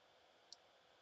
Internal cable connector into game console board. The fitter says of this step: there. Clicked. Want to get the little click.